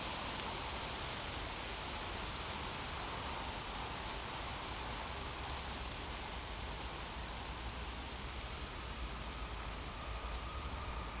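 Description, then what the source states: Insect call: an unbroken, very high, shrill buzz running through the whole recording, with faint low background noise beneath. Insects recorded in a field.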